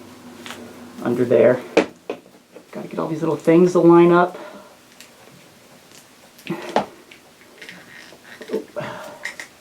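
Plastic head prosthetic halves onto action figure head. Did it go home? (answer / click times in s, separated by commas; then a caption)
no / none. Two plastic makeup-prosthetic halves are handled over the regular head of a Maxx FX Freddy Krueger action figure, the neck worked under and the small pegs being lined up. Someone talks while light plastic taps and rustles are heard. Nothing has seated or clicked into place yet.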